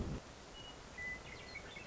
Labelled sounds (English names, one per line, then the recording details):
Western Meadowlark
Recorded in Sonoma County, California